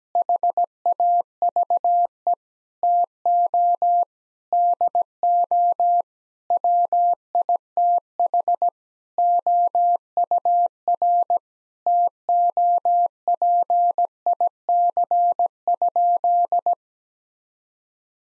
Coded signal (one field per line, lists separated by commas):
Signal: Morse code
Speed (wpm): 17 wpm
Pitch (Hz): 700 Hz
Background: none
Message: HAVE TO DO WITH OUR TOPIC?